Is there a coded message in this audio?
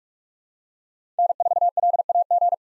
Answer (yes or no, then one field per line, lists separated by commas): yes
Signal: Morse code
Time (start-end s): 1.2-2.5 s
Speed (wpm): 48 wpm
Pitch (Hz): 700 Hz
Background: none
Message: N4LAG